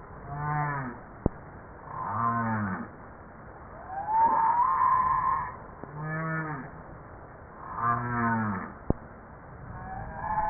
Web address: Humpback